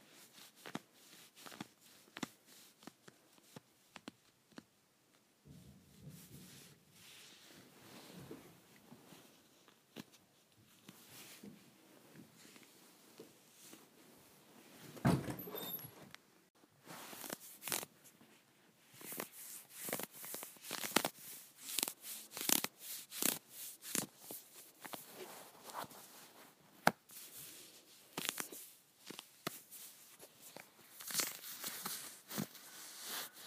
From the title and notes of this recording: ASMR Scratching my Leggings.